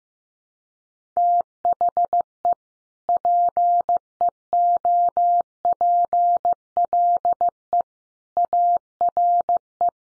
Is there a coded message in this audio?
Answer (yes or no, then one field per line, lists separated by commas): yes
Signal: Morse code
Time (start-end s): 1.2-9.9 s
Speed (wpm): 15 wpm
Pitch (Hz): 700 Hz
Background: none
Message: THE PEOPLE ARE